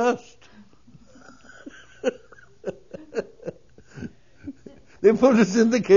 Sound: he laughs

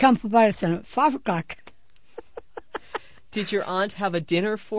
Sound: she laughs

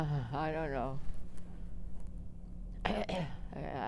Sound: she coughs

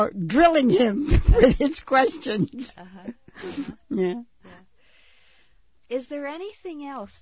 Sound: she laughs

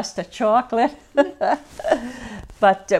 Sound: she laughs

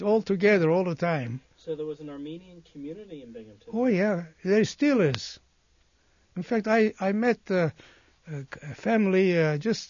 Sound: none

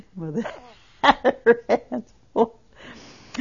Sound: they laugh

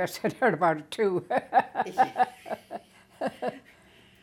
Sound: laughs

